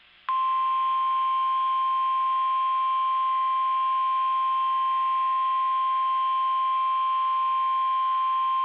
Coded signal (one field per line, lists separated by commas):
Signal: Emergency Alert System (SAME) tones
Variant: 1050 Hz attention tone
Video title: Severe Thunderstorm Watch #132 for NE Oklahoma (4/22/20) [EAS #13]